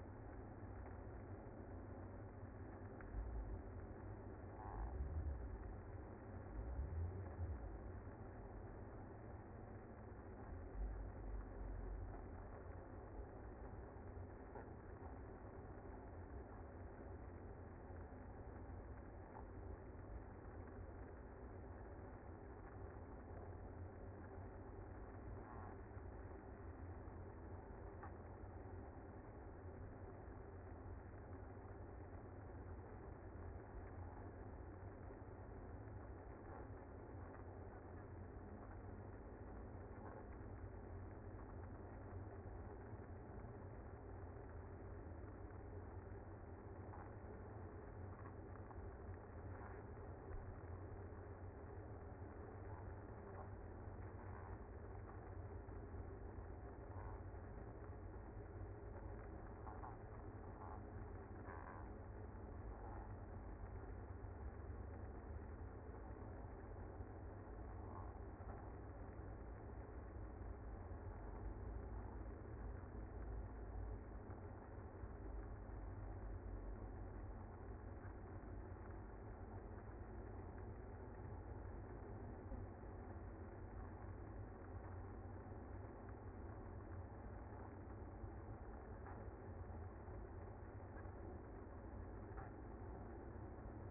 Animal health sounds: honeybee colony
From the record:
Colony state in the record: active

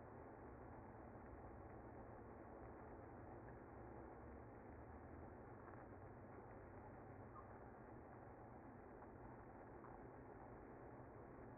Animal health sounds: honeybee colony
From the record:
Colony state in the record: active

